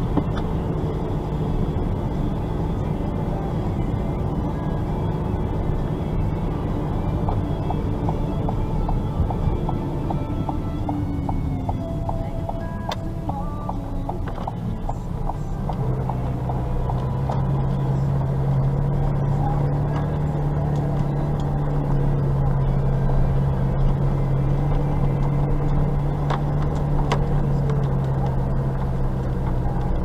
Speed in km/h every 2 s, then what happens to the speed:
42, 42, 42, 41, 39, 31, 21, 18, 16, 14, 13, 14, 13, 13, 12.
0-7 steady at about 42. 7-13 brakes to 18. 13-30 steady at about 13.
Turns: none.